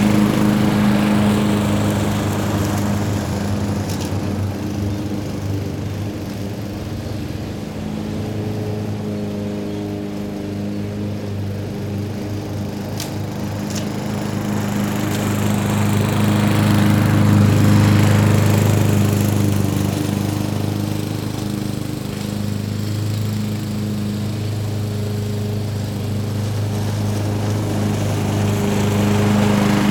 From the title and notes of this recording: Cutting Grass Mowing Sounds.